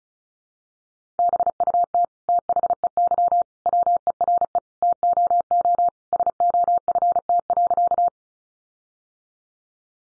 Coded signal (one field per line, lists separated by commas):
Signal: Morse code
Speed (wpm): 34 wpm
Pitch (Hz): 700 Hz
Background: none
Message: BUT THEY WERE TOO SOFT.